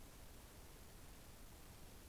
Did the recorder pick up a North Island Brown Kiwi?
no